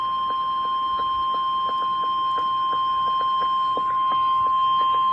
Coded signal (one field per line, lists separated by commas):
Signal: Emergency Alert System (SAME) tones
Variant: 1050 Hz attention tone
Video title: SVR | EAS #261